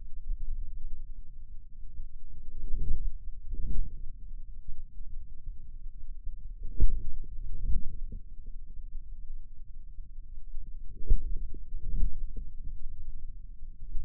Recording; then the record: forearm muscle sounds (acoustic myography)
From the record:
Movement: inward rotation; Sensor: system 2, bracelet of six BSWA MPA416 microphones around the upper forearm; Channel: 1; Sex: male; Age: 22 years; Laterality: right